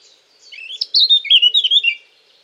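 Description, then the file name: Eurasian blackcap singing one brief, rich warble of rapid up-and-down notes. "Sylvia atricapilla"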